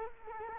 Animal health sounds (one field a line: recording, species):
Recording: mosquito wingbeat signal from an infrared sensor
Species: Culex quinquefasciatus